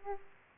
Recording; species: mosquito wingbeat signal from an infrared sensor; Aedes aegypti